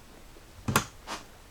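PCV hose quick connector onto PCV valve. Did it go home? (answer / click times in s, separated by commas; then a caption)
yes / 0.8 s. On a 2018 Jeep Grand Cherokee WK2 3.6L, the PCV hose's quick connector is slid over the new PCV valve and pushed until it clicks into place. A short rustle at about 0.7 s leads into a sharp, loud click at 0.8 s, followed by a softer sound around 1.1 s. The connector is seated.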